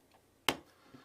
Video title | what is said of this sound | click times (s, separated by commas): Microsoft Arc Touch Mouse Review | just arc it like that and it clicks into place there's the blue LED and | 0.5 s